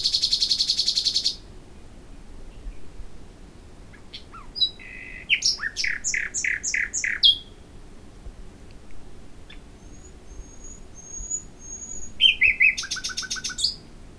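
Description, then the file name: Common nightingale song opening with a harsh, dense buzzing burst, then rich gurgling repeated notes, a thin whistle, and a fast rattling trill to close. "Luscinia megarhynchos"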